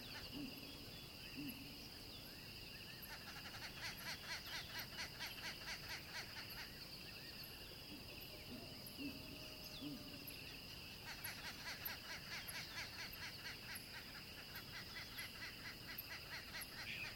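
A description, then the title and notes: Wild animals along a river: a steady insect-like drone runs throughout, with bursts of rapid, ticking bird chirps around 3–7 and 11–14 seconds. Low rumbling and scattered soft calls sit underneath, and faint high peeps dot the background. Gliding along a wide river that winds through a land teeming with wild animals.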